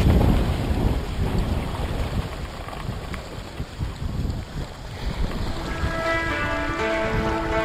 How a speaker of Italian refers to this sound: That's the river, my friend.